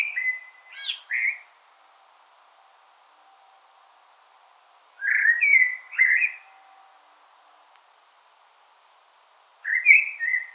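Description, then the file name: Common blackbird singing three short, mellow warbled phrases separated by long pauses, with a faint high squeak during the middle phrase. "Turdus merula"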